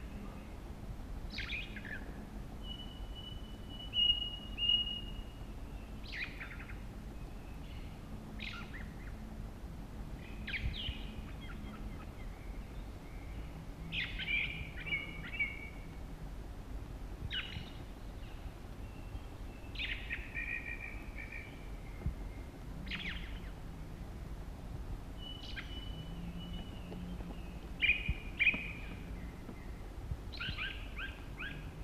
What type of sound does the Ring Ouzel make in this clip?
song